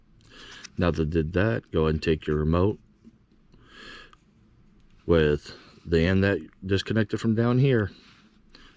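A 2015 GMC Yukon 3-button remote key fob has one half of its plastic housing lined up with the other half at the end that came apart, ready to be pressed shut. Someone talks throughout, with only a few faint ticks between phrases. Nothing has snapped shut yet.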